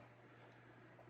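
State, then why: Not seated. A cable connector is handled at its socket on a Creality CR-10S Pro V2 3D printer during assembly, after the smaller connector has already been plugged in. Only a steady background hum with a low tone and faint noise is heard, with no sharp hits. Nothing has seated or clicked yet.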